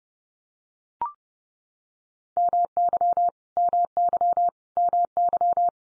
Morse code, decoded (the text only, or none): MY MY MY